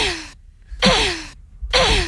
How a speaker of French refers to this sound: C'est que je passais des heures à jouer à Tomb Raider pour faire en sorte que Lara Croft, elle se cogne contre les murs pour entendre les petits cris, là. Évidemment, on l'a tous fait. Écoutez, le fameux cri.